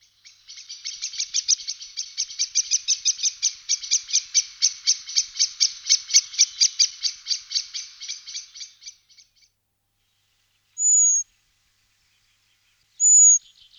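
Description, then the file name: Common blackbird: a long, fast chattering rattle of dry, buzzy notes lasting around nine seconds, followed after a silence by two thin, very high drawn-out whistles. "kos cerny"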